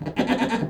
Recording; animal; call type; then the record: contact call of a hoofed animal; goat; low-frequency (closed-mouth) or high-frequency (open-mouth) call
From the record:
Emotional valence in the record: negative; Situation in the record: food frustration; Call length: 0.70 s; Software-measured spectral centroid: 1810 Hz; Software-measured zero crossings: 1290 a second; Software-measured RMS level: -24 dBFS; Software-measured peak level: -7 dBFS